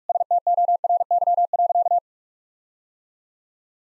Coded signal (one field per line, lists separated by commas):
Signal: Morse code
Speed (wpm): 41 wpm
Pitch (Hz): 700 Hz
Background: none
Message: STORY.